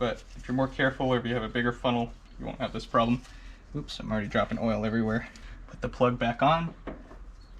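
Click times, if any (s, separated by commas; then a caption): none. During an oil change on a Suzuki Carry kei truck (DC51T), the oil filler cap is being put back onto the engine's oil fill neck after filling oil, while someone talks throughout. The cap is handled but has not seated or clicked into place yet.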